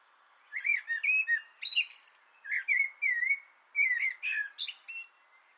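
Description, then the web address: Common blackbird song with varied fluted phrases, some rising and some falling, interspersed with brief high squeaky flourishes, delivered in three loose bursts. On an antenna, 6 June 2025. "Naturinspelningar Koltrast på antennen 2025 06 06"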